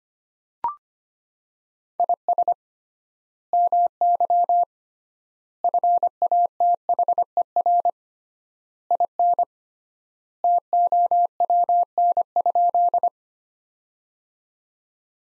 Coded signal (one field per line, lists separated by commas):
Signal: Morse code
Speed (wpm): 25 wpm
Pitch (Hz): 700 Hz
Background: none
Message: IS MY FATHER IN TOWN?